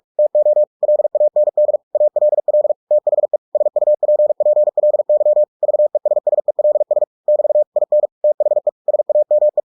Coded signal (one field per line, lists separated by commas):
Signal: Morse code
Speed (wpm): 46 wpm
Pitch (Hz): 600 Hz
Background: none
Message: TO LAND ALL THE SUPPLY VESSELS <BT> IN THE SAME